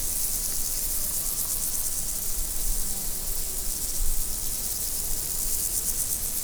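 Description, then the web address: Insects buzzing in chorus, a continuous high-pitched trill that pulses evenly without break, with low rumble underneath. Insects recorded in nature in 2014, after leaving Várbóc. "allathangok termeszetben rovarok professzionalis 2014 varbocotelhagyva"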